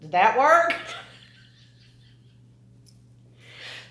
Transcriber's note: laughter